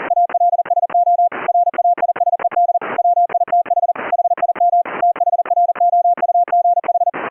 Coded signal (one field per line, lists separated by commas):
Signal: Morse code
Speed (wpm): 40 wpm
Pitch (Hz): 700 Hz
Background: none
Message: ALSO RAISED WITH HIM THROUGH